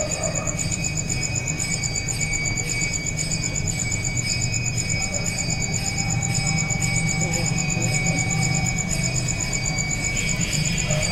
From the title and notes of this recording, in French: Environ 19h03. En présence de nos amis xylophages & insectivores.